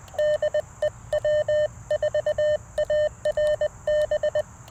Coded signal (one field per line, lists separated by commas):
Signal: Morse code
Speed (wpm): 15 wpm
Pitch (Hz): 590 Hz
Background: none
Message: DE W4ARB